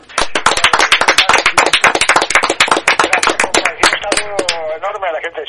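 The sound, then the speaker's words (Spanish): A small group applauding as a farewell on a radio show, with dense, rapid, irregular hand claps at steady loudness. Voices cheer and call out over the clapping toward the end. “Así que nos queremos despedir con algo que es atípico en la radio, que es darte un aplauso.”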